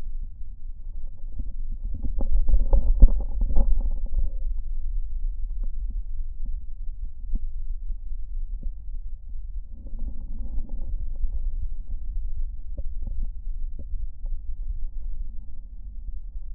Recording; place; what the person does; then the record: lung sounds by stethoscope; left posterior basal chest; quiet breathing, then deep breathing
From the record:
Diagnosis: interstitial lung disease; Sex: male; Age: 47 years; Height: 159 cm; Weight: 66.8 kg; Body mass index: 26.4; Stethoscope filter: diaphragm mode